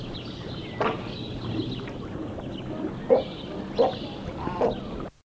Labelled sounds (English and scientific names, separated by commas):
Little Egret (Egretta garzetta) call